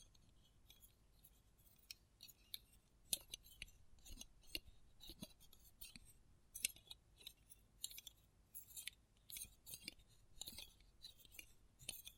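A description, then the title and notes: Close up metallic sounds: small clicks, scrapes and light clinks arrive irregularly, several per second, with sharp bright ticks near 3, 4.5 and 6.5 seconds. Between them come bursts of hissy, scissor-like shearing, over a quiet low rumble. ASMR Close Up Metallic Sounds (No Talking).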